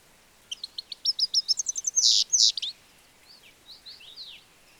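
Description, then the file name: European goldfinch twittering phrase of quick high liquid notes, two harsher buzzy bursts in the middle, then scattered soft chirps trailing off. "Carduelis carduelis"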